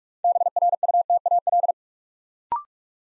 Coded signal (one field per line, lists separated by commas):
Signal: Morse code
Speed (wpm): 44 wpm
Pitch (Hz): 700 Hz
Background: none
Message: BRUTAL